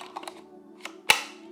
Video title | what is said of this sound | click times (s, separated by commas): Mini 3 Pro Fly More Kit - Unboxing | oh, they click in so beautifully. That is a nice click. | 1.1 s